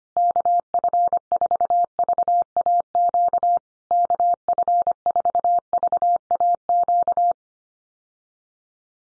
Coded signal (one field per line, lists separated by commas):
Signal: Morse code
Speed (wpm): 25 wpm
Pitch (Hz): 700 Hz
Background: none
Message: KF4VAQ KF4VAQ